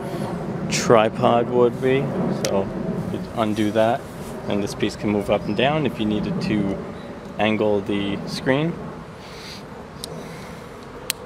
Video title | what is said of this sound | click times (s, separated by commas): Review Outdoor Projector Screen Foldable Portable Outdoor Front Movie Screen | locks into place and then | 11.1 s